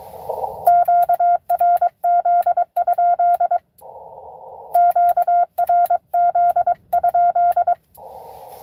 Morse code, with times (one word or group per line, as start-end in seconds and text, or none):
0.7-3.6 QRZ?
4.7-7.7 QRZ?